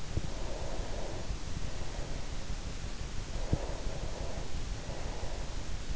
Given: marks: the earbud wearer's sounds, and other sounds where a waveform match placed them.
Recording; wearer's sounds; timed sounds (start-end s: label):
sounds in sleep by an in-ear microphone; breath
0.07-2.54 s: breath
3.45-5.92 s: breath